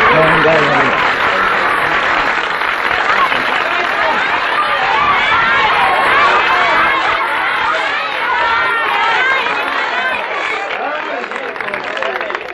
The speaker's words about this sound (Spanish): Vamos a brindarle un aplauso porque a él nunca lo aplauden, ¿cómo no?